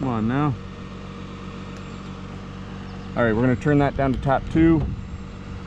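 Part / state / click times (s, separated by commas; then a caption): tap changer handle on a pole-mounted distribution transformer / not seated / none. Someone handles the tap changer handle on a pole-mounted distribution transformer, getting ready to turn it down to tap two. Someone talks over a steady low hum, and the handle has not yet clicked or seated into position.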